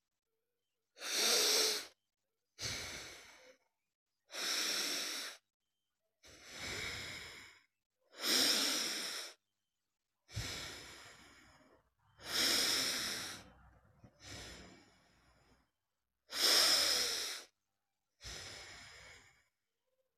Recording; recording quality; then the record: deep breathing; excellent, no background noise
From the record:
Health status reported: healthy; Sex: female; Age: 28 years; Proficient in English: yes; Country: India